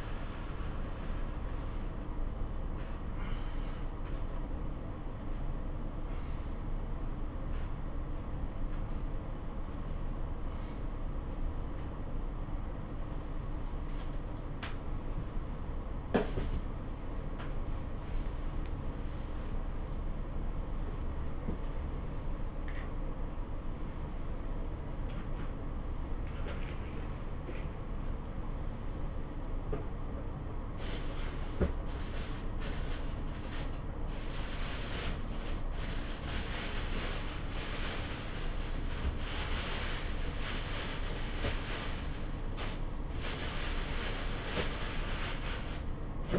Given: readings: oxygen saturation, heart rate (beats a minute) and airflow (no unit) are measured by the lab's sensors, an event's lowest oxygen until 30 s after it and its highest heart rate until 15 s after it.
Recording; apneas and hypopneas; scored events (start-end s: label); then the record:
a person awake in a sleep study, by a smartphone at the bedside; none
0.00-46.39 s: awake
From the record:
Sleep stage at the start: awake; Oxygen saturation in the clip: 91 to 93%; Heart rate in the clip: 84 to 110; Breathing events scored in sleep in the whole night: 277 in 7.4 hours asleep